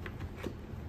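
A padded cheek pad on an MT Hummer motorcycle helmet, rocked back and forth to line up a stubborn lock, is pressed into the helmet shell, and its lock snaps in with a sharp, short hit at 0.1 s. The cheek pad is now seated fully in its rubber, with all the locks engaged.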